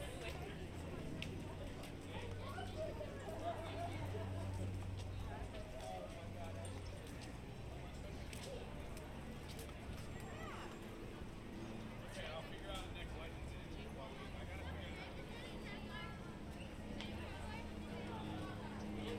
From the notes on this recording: A relaxing audio journey through Disneyland park in Anaheim, California.